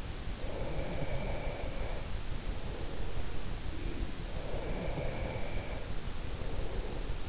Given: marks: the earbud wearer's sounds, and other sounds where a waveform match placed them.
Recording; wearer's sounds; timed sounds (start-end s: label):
sounds in sleep by an in-ear microphone; breath
0.39-3.40 s: breath
4.41-6.96 s: breath